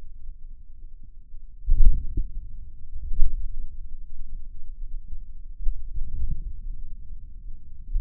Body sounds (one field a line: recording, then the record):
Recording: forearm muscle sounds (acoustic myography)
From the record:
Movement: hand closing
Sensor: system 2, bracelet of six BSWA MPA416 microphones around the upper forearm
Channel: 4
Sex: male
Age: 22 years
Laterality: right